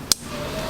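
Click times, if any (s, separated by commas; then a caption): 0.1 s. A plastic electrical connector with a single-stage lock is slid over the end of the intake air temperature sensor on the plastic elbow of a Mopar 5.7 Hemi cold air intake kit (#77070044AC) and pushed until fully seated. A single sharp, bright click is heard at 0.1 s, followed by a low, steady background hum. The connector is fully seated on the sensor.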